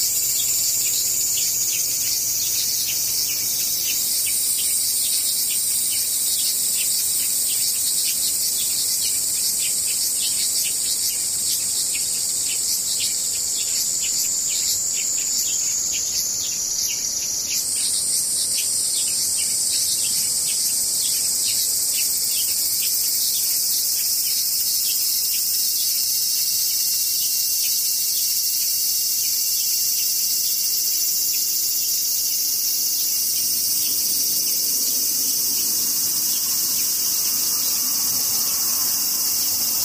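Cicadas buzz without pause for all forty seconds, a dense, shrill, very high drone made of several overlapping voices. Fast pulsing runs through the sound, and the chorus shifts in pitch around 4 and 17 seconds, with little else underneath.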